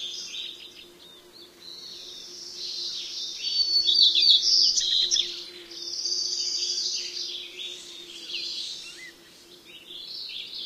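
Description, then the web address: White-crowned Sparrow singing high, thin whistles that break into a loud buzzy trill midway, then further sweet whistled phrases over a faint low hum. Common western species of North America. "Know Your Bird Sounds Common Western Species. White-crowned Sparrow"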